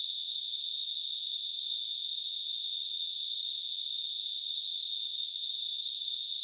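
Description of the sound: A simulated tinnitus sound produced by a device: a steady, continuous high-pitched hiss concentrated in a narrow band around 4 kHz.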